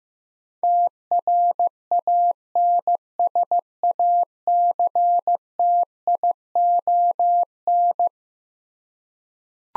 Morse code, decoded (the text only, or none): TRANSACTION